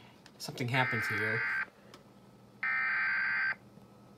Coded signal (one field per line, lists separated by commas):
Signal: Emergency Alert System (SAME) tones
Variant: header bursts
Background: speech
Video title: EAS Evacuation Immediate Fail